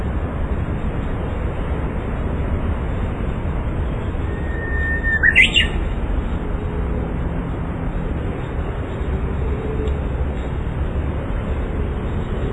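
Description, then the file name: Japanese bush warbler singing once, a drawn-out plain whistle followed by a short quick burst of notes, set against steady low background rumble. "uguisu"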